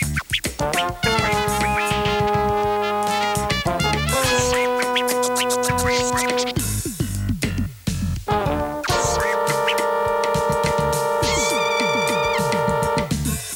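A telephone rings with a loud, melodic electronic ringtone, its bright tones repeating in several sustained bursts with brief breaks between them and no voices.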